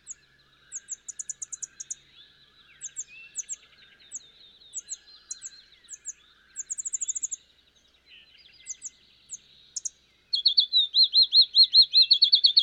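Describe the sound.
Field sparrow song, a bright string of evenly repeated whistled notes at the end, preceded by a chorus of high chips and trills from other birds.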